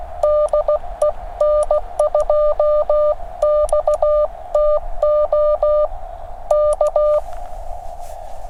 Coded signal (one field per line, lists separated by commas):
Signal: Morse code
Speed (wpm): 16 wpm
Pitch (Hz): 600 Hz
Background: none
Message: DE N2XTO K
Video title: Extreme Weather Radio! 5°F POTA Activation